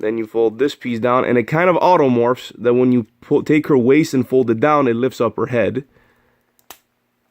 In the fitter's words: get a nice click and